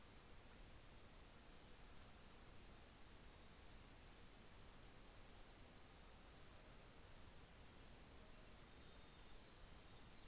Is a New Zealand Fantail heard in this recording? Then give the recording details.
no. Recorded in New Zealand on 24 December 2018. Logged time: 15:10